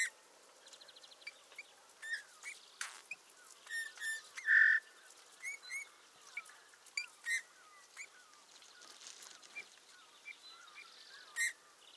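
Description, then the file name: Eurasian bullfinch producing one clear, mellow whistled note, surrounded by scattered high chirps, ticks and short calls of other birds. "Pyrrhula pyrrhula"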